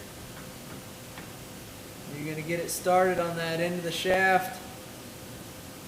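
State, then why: Not seated. A CV joint is picked up and started onto the end of a Rhino Brand ATV axle shaft, lined up before it is pushed on and locked. Someone talks from about 2.1 to 4.4 seconds over a faint steady hum with soft ticks. Nothing has seated or clicked yet.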